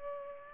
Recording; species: mosquito wingbeat signal from an infrared sensor; Culex pipiens